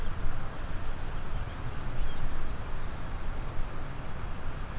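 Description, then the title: Black-masked finch giving three short, very high-pitched calls spaced over a few seconds above a low, constant background rumble. Nominate subspecies Coryphaspiza melanotis melanotis. "LuckyPassaro Completos2Sama. Black-masked Finch"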